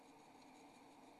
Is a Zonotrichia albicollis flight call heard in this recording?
no